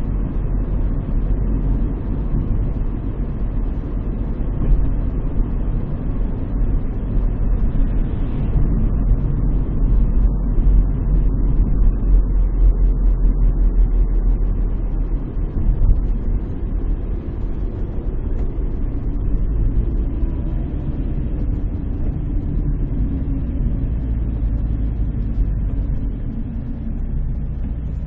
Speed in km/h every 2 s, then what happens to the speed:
52, 51, 51, 52, 49, 47, 44, 42, 40, 35, 32, 27, 23, 13.
0-7 steady at about 51. 7-28 slows to 13.